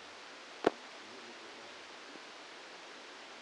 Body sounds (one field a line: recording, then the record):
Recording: brain microelectrode recording played as sound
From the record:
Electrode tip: outside the subthalamic nucleus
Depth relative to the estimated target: -2 mm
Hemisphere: left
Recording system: NeuroSet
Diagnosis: Parkinson's disease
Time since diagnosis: 8 years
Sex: male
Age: 65 years